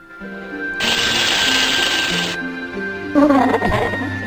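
The death sound effect of the comic character Cocademon: a loud, harsh whirring burst like a blender or drill, then a warbling, wobbly wail of rising and falling pitch at the end.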